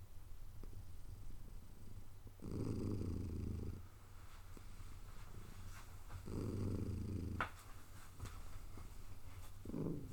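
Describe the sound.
Cat purr, continuous low throb with two long loud surges and a short one near the end, plus faint clicks.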